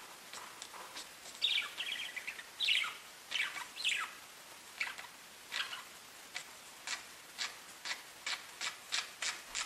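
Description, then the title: Budgerigar chirps and warbled phrases early on, then a series of short sharp ticks to the end. "Budgie Sounds"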